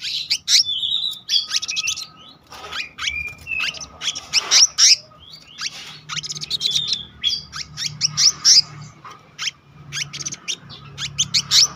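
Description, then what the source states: Selendang biru giving a lively stream of sharp high chirps, twitters and brief whistles, nearly unbroken, over a quiet low hum. Gacor ngeroll: continuous, rolling song, with isian, song fill-in phrases.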